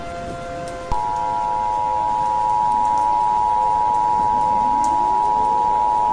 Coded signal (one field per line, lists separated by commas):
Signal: Emergency Alert System (SAME) tones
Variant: 853 and 960 Hz attention tone